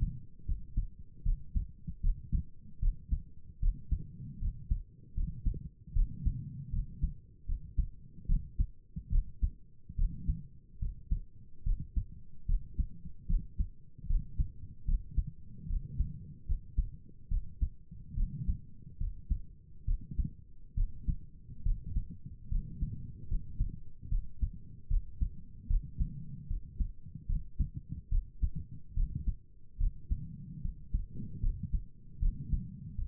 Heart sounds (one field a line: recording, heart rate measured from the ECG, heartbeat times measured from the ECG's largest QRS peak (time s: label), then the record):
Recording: heart sounds by stethoscope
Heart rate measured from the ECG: 74 bpm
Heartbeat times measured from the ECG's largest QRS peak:
0.47 s: heartbeat
1.24 s: heartbeat
2.02 s: heartbeat
2.81 s: heartbeat
3.61 s: heartbeat
4.40 s: heartbeat
5.15 s: heartbeat
5.94 s: heartbeat
6.71 s: heartbeat
7.47 s: heartbeat
8.27 s: heartbeat
9.11 s: heartbeat
9.97 s: heartbeat
10.80 s: heartbeat
11.65 s: heartbeat
12.47 s: heartbeat
13.28 s: heartbeat
14.08 s: heartbeat
14.86 s: heartbeat
15.68 s: heartbeat
16.47 s: heartbeat
17.30 s: heartbeat
18.16 s: heartbeat
18.99 s: heartbeat
19.86 s: heartbeat
20.76 s: heartbeat
21.64 s: heartbeat
22.50 s: heartbeat
23.29 s: heartbeat
24.10 s: heartbeat
24.89 s: heartbeat
25.68 s: heartbeat
26.48 s: heartbeat
27.27 s: heartbeat
28.10 s: heartbeat
28.95 s: heartbeat
29.79 s: heartbeat
30.63 s: heartbeat
31.42 s: heartbeat
32.21 s: heartbeat
32.96 s: heartbeat
From the record:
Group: healthy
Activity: rest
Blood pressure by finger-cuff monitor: 97/63 mmHg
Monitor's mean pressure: 72 mmHg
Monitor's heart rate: 74 bpm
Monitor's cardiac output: 5.8 L/min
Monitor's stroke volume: 79 mL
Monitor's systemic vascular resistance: 900 dyn s/cm5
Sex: female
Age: 22 years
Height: 163 cm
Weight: 67.1 kg